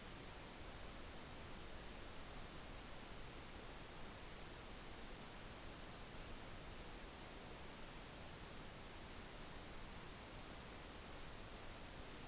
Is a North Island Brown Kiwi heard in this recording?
no